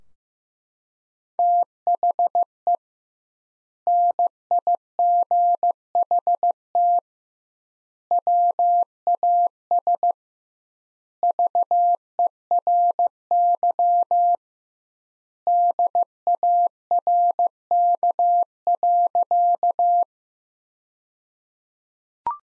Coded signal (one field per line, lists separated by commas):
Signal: Morse code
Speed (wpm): 16 wpm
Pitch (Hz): 700 Hz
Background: none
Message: THE NIGHT WAS VERY DARK.